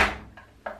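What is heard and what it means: A wheel axle is pushed down into its plastic clip on a stick vacuum head, which can seem snapped in place before it really is. A fading thump opens the clip, then a faint tick sounds at 0.4 s. A sharp click at 0.7 s marks the axle snapping home and seated, followed by another short click at the very end.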